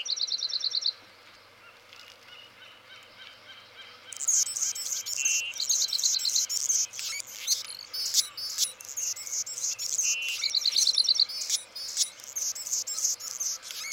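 Anna's hummingbird singing: rapid repeated chips, a pause of about three seconds, then a long, dense bout of high, scratchy, buzzy phrases mixed with two brief steady tones and more rapid repeated chips.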